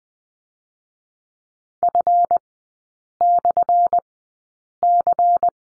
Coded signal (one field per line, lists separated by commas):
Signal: Morse code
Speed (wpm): 20 wpm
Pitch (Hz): 700 Hz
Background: none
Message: F/C